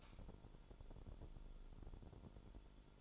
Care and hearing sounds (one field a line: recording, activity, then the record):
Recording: daily activity, microphone in the room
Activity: light on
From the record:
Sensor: 5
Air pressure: 1008.0 hPa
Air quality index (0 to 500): 104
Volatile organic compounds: 1 ppm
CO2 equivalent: 808 ppm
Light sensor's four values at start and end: 30/70/28/28 and 31/71/29/28